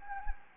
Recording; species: mosquito wingbeat signal from an infrared sensor; Anopheles gambiae